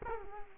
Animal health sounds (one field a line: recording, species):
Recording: mosquito wingbeat signal from an infrared sensor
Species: Culex quinquefasciatus